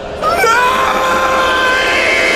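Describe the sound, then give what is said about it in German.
A man screams in terror: one loud, sustained, strained cry that starts abruptly and holds a steady high pitch for about two seconds, with no other voices. “Dein Schreien ist zwecklos, Elender. Niemand wird dich hören.”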